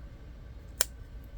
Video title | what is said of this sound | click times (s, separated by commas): Crochet Candy Corn Tutorial! Plush Keychain! | there we go should snap into place and | 0.8 s